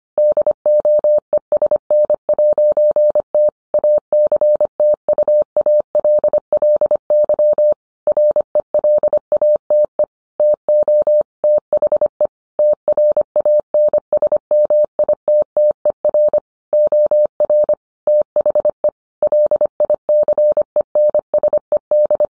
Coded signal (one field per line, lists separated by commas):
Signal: Morse code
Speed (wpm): 25 wpm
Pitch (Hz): 600 Hz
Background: none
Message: DOESN'T ACTUALLY RELATE TO THE TRANSMITTER OR THE LICENSED